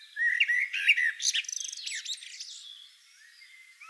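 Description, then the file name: Eurasian blackbird giving one brief phrase: a few mellow warbled notes, then a rapid squeaky twitter and a fast chattering trill, fading into quiet. "Turdus merula"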